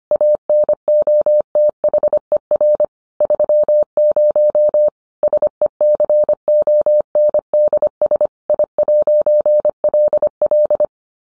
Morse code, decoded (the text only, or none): ANOTHER 30 SECONDS I'LL